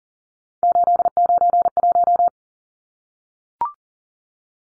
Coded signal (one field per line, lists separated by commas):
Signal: Morse code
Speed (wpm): 40 wpm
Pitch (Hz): 700 Hz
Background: none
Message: 891